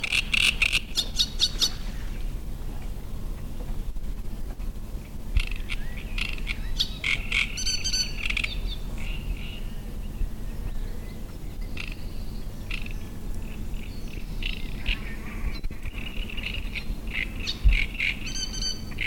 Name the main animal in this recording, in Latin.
Acrocephalus arundinaceus